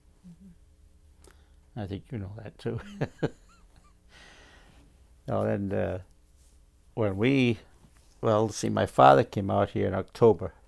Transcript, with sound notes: Uh-hmm.
I think you know that too. (laughs) Oh and uh, when we, well see my father came out here in October.